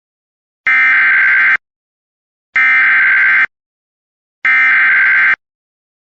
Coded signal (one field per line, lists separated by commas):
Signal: Emergency Alert System (SAME) tones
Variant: header bursts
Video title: EAS Recreation Mock: Thunderstorm in Utah County, Utah